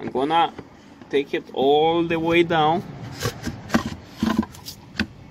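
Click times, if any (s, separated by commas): 5.0 s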